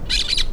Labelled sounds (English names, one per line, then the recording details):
Brown-throated Parakeet contact call
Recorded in La Tortuga
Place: Isla La Tortuga
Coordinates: 10.925, -65.258